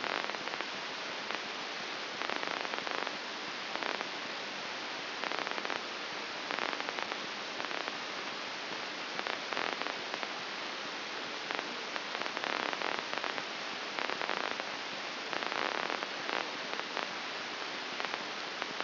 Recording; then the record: brain microelectrode recording played as sound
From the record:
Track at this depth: outside the subthalamic nucleus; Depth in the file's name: 8.504 mm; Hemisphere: left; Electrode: 2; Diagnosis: Parkinson's disease